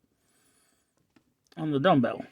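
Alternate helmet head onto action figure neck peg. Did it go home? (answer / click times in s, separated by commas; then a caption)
no / none. A plastic alternate helmet head for a Marvel Legends Ant-Man and the Wasp Quantumania Build a Figure Cassie Lang action figure is pushed onto the figure's neck peg, the dumbbell joint. Faint, brief taps are heard around 1.2 s and 1.5 s before someone talks. Nothing has snapped or clicked into place; the head only sits on the peg.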